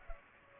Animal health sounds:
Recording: mosquito wingbeat signal from an infrared sensor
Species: Culex pipiens

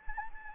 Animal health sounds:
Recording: mosquito wingbeat signal from an infrared sensor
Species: Anopheles gambiae

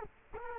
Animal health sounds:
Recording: mosquito wingbeat signal from an infrared sensor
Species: Culex quinquefasciatus

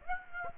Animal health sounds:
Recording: mosquito wingbeat signal from an infrared sensor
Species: Aedes aegypti

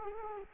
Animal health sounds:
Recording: mosquito wingbeat signal from an infrared sensor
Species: Culex quinquefasciatus

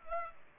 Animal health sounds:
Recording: mosquito wingbeat signal from an infrared sensor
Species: Culex pipiens

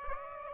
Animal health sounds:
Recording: mosquito wingbeat signal from an infrared sensor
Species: Aedes aegypti

